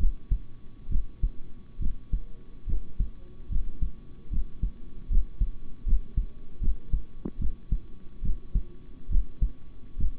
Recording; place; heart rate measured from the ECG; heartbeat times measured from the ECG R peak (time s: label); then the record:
heart sounds by stethoscope; between the tricuspid and mitral areas; 73 bpm
0.89 s: heartbeat
1.79 s: heartbeat
2.66 s: heartbeat
3.49 s: heartbeat
4.30 s: heartbeat
5.09 s: heartbeat
5.85 s: heartbeat
6.60 s: heartbeat
7.38 s: heartbeat
8.22 s: heartbeat
9.09 s: heartbeat
9.97 s: heartbeat
From the record:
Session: rest, sitting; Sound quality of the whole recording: good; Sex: male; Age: 26 years